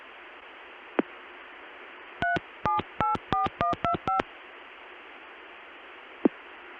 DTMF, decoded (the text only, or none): 3784125